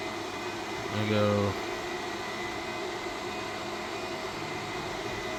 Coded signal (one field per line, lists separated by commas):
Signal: FT8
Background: speech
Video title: ft8 ham radio digital conditions